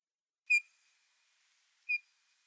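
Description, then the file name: Eurasian bullfinch calling with two clear, mellow whistled notes about a second and a half apart, otherwise quiet. "snegir golos"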